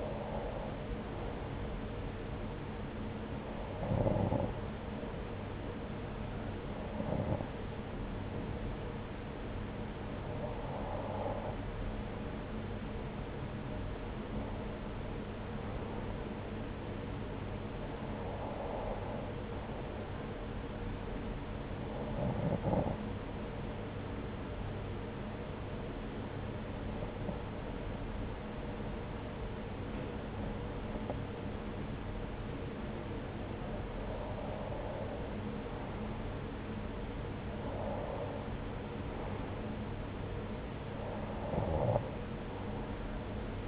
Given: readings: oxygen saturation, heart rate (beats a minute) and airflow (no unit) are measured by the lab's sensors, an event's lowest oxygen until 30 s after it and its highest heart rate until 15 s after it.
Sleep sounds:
breathing in sleep by a voice recorder at the bedside; 1
18.00-36.90 s: hypopnea (N1, oxygen 92% highest, then 90% lowest, heart rate 78 at the start, 81 highest)
From the record:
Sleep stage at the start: N1 (lightest sleep); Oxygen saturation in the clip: 90 to 93%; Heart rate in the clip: 72 to 81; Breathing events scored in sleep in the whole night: 303 in 8.1 hours asleep

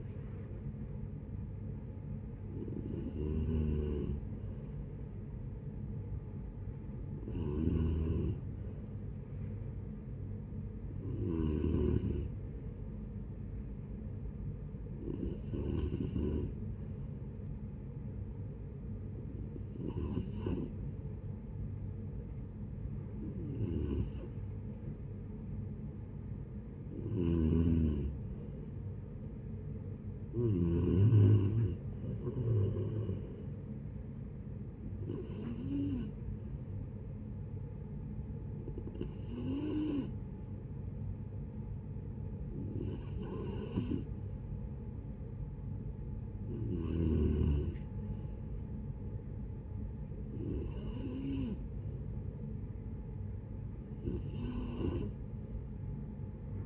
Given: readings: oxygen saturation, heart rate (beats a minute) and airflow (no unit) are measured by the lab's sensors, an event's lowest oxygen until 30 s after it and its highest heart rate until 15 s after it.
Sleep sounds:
breathing in sleep by a smartphone at the bedside; none
none scored
From the record:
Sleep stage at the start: N3 (deep sleep); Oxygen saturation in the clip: 91 to 93%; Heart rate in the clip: 66 to 75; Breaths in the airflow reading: 14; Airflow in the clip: -10.7 to 9.2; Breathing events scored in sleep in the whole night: 496 in 5.4 hours asleep

